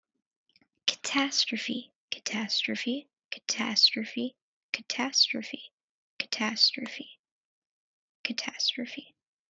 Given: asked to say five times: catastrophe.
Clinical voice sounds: repeated word; female; 20 to 29 years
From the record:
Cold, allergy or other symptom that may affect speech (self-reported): no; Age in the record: 20 years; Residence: Maryland, United States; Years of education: 14

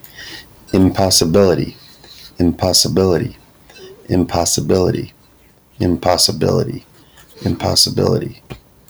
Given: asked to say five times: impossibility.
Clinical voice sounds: repeated word; male; 50 to 59 years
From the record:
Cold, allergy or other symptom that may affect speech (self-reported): no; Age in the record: 56 years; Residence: Ohio, United States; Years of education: 13

